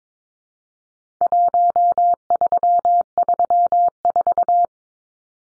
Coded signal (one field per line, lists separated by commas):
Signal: Morse code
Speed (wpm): 22 wpm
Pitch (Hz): 700 Hz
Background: none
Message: 1334